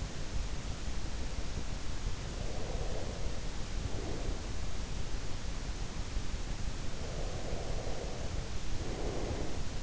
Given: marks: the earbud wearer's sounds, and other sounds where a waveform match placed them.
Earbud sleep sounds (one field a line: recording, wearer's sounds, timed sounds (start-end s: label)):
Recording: sounds in sleep by an in-ear microphone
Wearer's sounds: breath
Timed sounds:
2.10-4.78 s: breath
6.83-9.82 s: breath